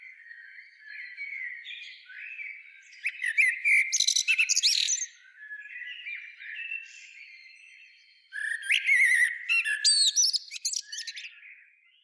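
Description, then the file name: Common blackbird song: warbled whistles, then bursts of squeaky high twittering, with a quieter stretch before a second loud burst. "Turdus merula"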